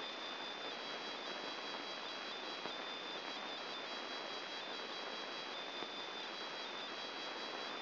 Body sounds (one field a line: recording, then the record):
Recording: brain microelectrode recording played as sound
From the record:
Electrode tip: inside the subthalamic nucleus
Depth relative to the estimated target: -2 mm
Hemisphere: left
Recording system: AlphaMap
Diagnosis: Parkinson's disease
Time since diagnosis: 11 years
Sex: male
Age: 50 years